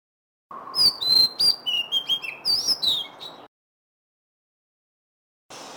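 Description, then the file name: Oriental magpie-robin singing a three-second run of sweet, clear whistled notes, some rising and some falling, followed by silence. Song of the variety locally called kacer lutung cebu. "suara kicauan kacer lutung cebu. omkicau"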